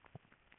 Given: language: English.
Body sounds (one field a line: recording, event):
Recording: throat vibration sensor signal played as sound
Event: swallow